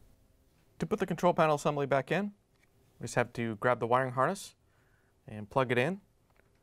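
Someone talks while handling a plastic wiring harness connector for a Samsung dispenser switch (3405-001123) repair, about to plug it into the control panel assembly, where it should go on only one way and snap in place. Speech fills most of the clip with quiet gaps between phrases, and a faint brief tick comes near 6.4 s. The connector has not seated or clicked in yet.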